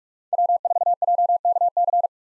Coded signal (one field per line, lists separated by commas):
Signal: Morse code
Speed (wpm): 42 wpm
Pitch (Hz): 700 Hz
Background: none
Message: W4JKC